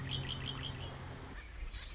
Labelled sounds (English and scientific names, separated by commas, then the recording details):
Red-winged Blackbird (Agelaius phoeniceus)
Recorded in Sonoma County, California